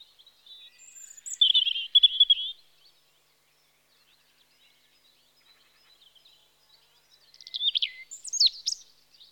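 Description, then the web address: European robin singing two spaced phrases of warbled high notes and quick rattles, with a sharp zigzag whistle in the second, quiet gap between them. Spring. "BBC Sound Effects Library (Birds) Robin (Erithacus Rubecula) Spring"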